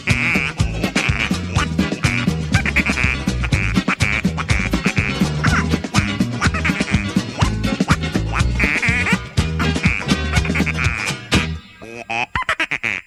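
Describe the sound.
A dense, loud run of nasal duck quacks and honks goes on almost nonstop for about eleven seconds, then thins out into a few scattered calls at the end. No one speaks.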